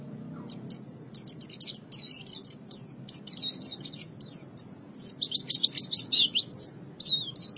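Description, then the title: White-eye song, a long run of rapid high chirps and twittering notes that grows louder and busier toward the end, over a low steady background hum. "Kicauan Burung Pleci"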